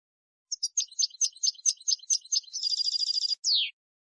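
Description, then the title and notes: European goldfinch song: a quick run of high twittering notes, then a dense rapid trill, ending in a single falling note; no other sounds. Clean goldfinch song from a CD, for copying in song training of birds. "Cd Jilguero. Cd de canto de jilguero limpio para copia"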